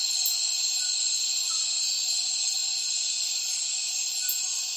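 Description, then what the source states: Cicadas in a dense chorus, a steady shrill buzzing drone with layered high whines and a pulsing high sweep recurring roughly every three-quarters of a second. Many cicadas in a dusk chorus, starting as afternoon light fades; rainforest, Tawau Hills National Park, Borneo; recorded with Zoom F6 and Lom MikroUsi Pro microphones.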